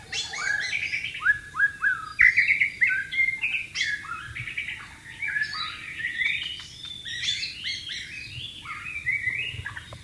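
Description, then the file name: White-rumped shama song, a rich varied medley of fluty whistles, slurred notes and quick chattering phrases delivered almost continuously. "suara burung murai batu di alam liar"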